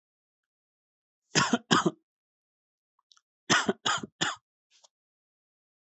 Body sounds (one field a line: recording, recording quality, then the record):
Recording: shallow voluntary cough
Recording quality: excellent, no background noise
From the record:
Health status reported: healthy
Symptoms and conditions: none ticked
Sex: male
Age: 35 years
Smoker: not ticked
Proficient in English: yes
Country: India